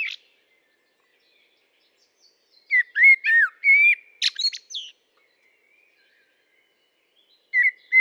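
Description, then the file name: Common blackbird song: a fluty, warbled phrase of low whistles ending in a high, squeaky twitter, then quiet until a new phrase begins near the end. "Turdus merula"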